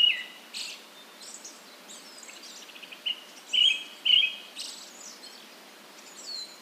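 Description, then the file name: Brown-headed thrush song: two loud, clear whistled phrases in quick succession near the middle, with thin high notes throughout. "akahara"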